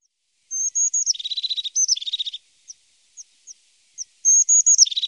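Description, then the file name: Crested tit calls: high, thin, slurred notes run into buzzy, purring trills. Isolated single high notes fill the middle before another burst. "Tofsmes"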